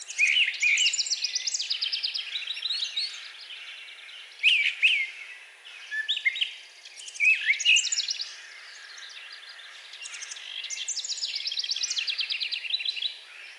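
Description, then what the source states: Brown thrasher song, a busy, rambling series of scratchy and musical phrases, many doubled, with dense stretches and a few quieter moments. Recorded on 4 June 2020.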